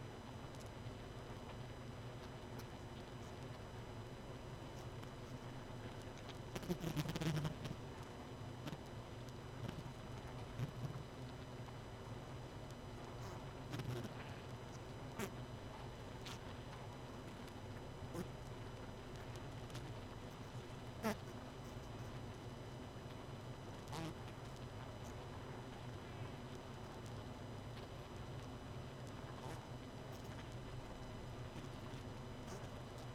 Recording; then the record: honeybee colony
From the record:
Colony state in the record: missing queen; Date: 31 May 2018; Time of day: 23:09